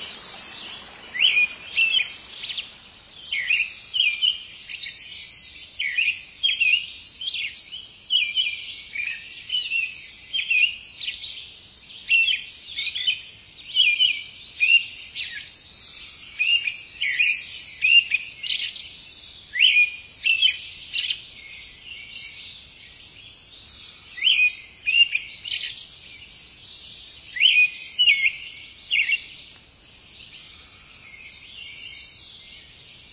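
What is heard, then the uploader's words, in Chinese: Birds sing in the rain, a dense chorus of bright chirps and quick trills that runs without pause for the whole stretch. Calls overlap in rapid bursts, several every second. A soft low hiss shows briefly at the very start. 鸟儿在雨中歌唱。画眉百转千回的天籁之音。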